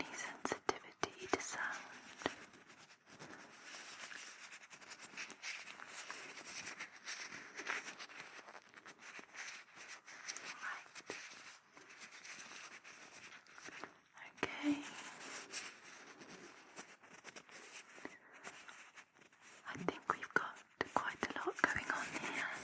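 Crackly rubbing and scratching sounds of ear cleaning and massage fill the clip, dense with quick tapping clicks throughout. The texture is bright and dry, with busier, louder bursts around fifteen seconds and again after twenty seconds, and quieter stretches between.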